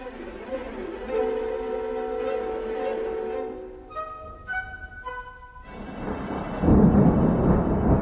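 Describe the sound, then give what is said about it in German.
Sustained tonal drones and a few chiming notes give way to a loud wash of rain noise with a deep rumble of thunder swelling near the end. “Und dann kommt der Regen.”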